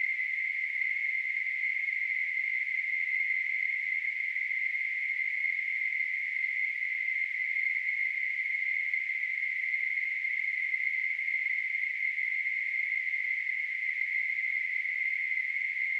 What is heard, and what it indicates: Tinnitus.